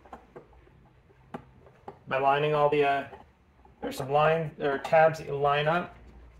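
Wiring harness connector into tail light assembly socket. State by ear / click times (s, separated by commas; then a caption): not seated / none. The plastic wiring harness connector is lined up by its tabs against the tail light assembly socket of a 2008-2020 Dodge Grand Caravan, with a red safety lock still to be pressed in afterward. Faint, brief handling taps are heard near 0.1 s, 1.3 s and 1.9 s while someone talks. Nothing has seated or clicked yet.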